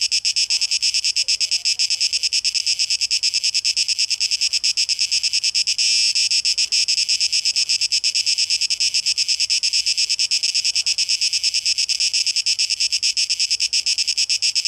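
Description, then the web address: Cicada singing a continuous shrill buzz with rapid pulsing, briefly swelling into a smoother drone around the sixth second. Cicadas, tape echo mix, 12 August 2023. "rauschpartikel Audio 2023-08-12 Zikaden"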